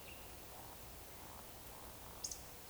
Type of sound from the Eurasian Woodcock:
whistle, croak